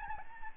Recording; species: mosquito wingbeat signal from an infrared sensor; Aedes albopictus